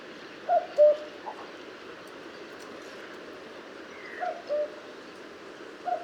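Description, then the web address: Common cuckoo calling a clear two-note cu-coo, the second note lower, repeated twice, with a third starting at the end, over steady low background hiss. "Cuco común"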